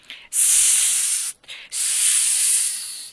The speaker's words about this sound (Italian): I serpenti con un sibilo leggero si stavano drizzando sulle code e si inchinavano a qualcosa dietro Michael e Jane.